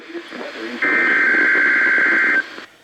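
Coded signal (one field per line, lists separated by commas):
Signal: Emergency Alert System (SAME) tones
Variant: header bursts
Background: speech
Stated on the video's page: EAS weekly tests: Melbourne NWS daytime weekly test and an FM station's weekly test, received instead of the postponed Upton test.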